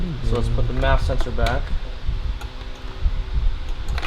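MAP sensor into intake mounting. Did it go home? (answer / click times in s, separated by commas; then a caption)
yes / 4.0 s, 4.1 s. Someone talks while a MAP sensor is refitted into its mounting on the intake of a Honda Civic Type R. After the talking, quieter handling noises follow, then two short clicks at 4.0 and 4.1 seconds as the sensor clicks back into place and seats.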